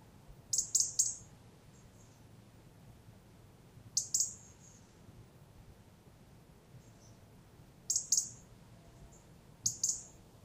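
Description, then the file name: European robin calls: thin, very high notes in quick pairs or triplets, given in a few short bursts at irregular intervals against a quiet background. "Erithacus rubecula"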